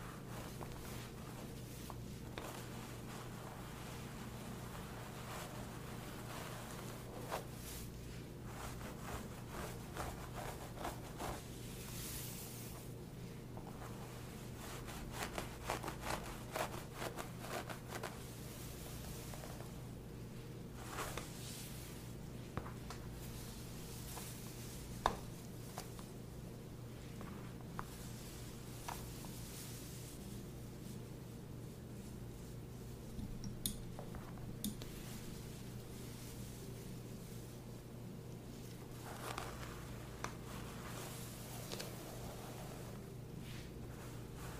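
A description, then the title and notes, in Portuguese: A quiet scalp massage with soft scratching and occasional sharp clicks and clinks over a steady low hum, growing busier around the middle. ASMR de massagem completa no seu couro cabeludo.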